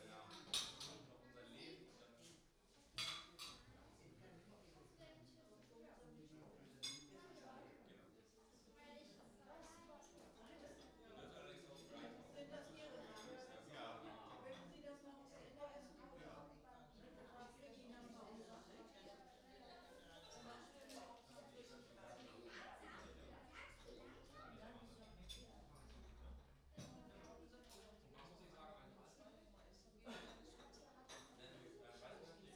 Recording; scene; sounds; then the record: everyday scene through a hearing-aid microphone; many people talking; many voices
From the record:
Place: parish hall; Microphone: in the ear canal, right